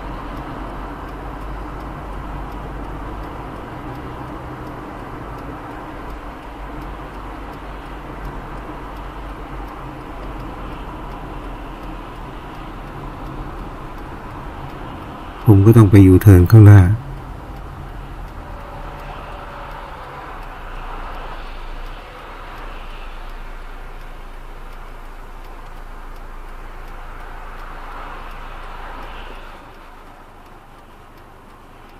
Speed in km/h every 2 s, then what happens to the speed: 50, 50, 52, 52, 51, 49, 44, 34, 25, 19, 10, 5, 0, 0, 0, 0.
0-7 steady at about 50. 7-23 slows to 0. 23-32 standing.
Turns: none.